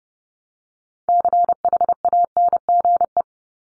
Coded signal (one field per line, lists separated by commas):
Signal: Morse code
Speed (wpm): 30 wpm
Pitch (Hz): 700 Hz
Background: none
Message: CHANGE